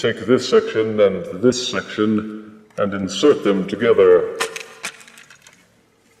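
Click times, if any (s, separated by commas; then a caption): 4.6 s, 4.9 s. Someone talks while two plastic body sections of a transforming toy figure are inserted into each other to form its base mode. Sharp plastic clicks sound at 4.6 s and 4.9 s, followed by a few faint ticks. The sections click and lock into place.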